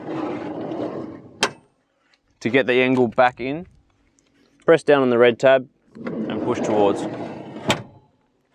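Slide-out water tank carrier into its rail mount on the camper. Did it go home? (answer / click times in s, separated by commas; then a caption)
yes / 7.7 s. A slide-out 40-litre water storage carrier is pushed back into its rail mount on a camper after its red release tab is pressed down, while someone talks. The carrier slides in with a rumbling scrape, and its latch engages with a single sharp mechanical clunk at 7.7 s, locking it into place.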